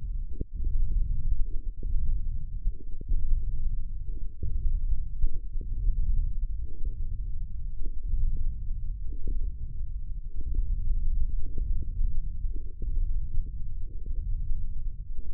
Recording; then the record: forearm muscle sounds (acoustic myography)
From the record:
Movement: hand opening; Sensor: system 1, eight BSWA MPA416 microphones around the upper forearm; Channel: 6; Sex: male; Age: 20 years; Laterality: left